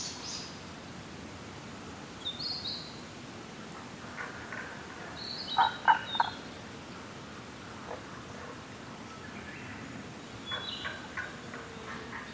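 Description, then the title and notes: Tago's brown frog: a brief cluster of short, knocking croaks around six seconds, with scattered high bird whistles and faint forest background noise. Rana tagoi tagoi, recorded in Kasugayama primeval forest, Nara, Japan, on 21 May 2017. "170521Rana tagoi tagoi in Kasugayama primeval forest by ototamari"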